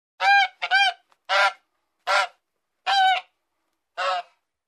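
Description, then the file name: Mallard quacking: several loud, nasal quacks, the first few in quick succession, then single calls spaced about a second apart. "Mallard duck call"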